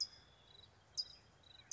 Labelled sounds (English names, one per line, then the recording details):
California Towhee
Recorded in Sonoma County, California